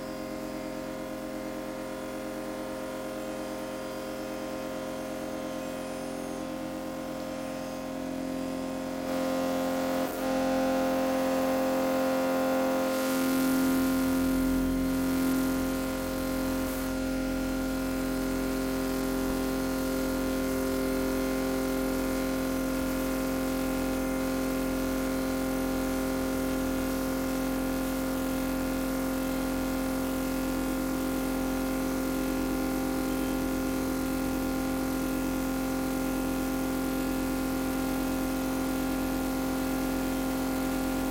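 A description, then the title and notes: Electromagnetic signals from a Northern Line tube train at rush hour: steady layered hums and tones, with a brief bright surge around ten to fifteen seconds. EM signals produced by a Northern Line tube train whilst travailing at rush hour between Elephant & Castle and Moorgate. The signals were captured with the use of an EM coil pick up.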